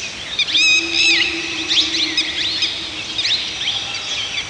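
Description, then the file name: Birds singing with clear looping whistles and swooping notes, several birds overlapping, over a faint low hum. Several birds singing in a forest. "Birds Singing in the Forest"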